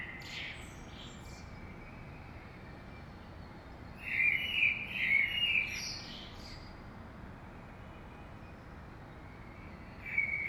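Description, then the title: Common blackbird song: a short, rich warbled phrase midway through, a few faint high notes before it and a brief note at the end, amid quiet background noise. Early morning in Saint-Gilles, Belgium; recorded with a DPA 2006c microphone pair in AB stereo into a Zoom F3 recorder. "Saint-Gilles, Belgique - Blackbird - Merle"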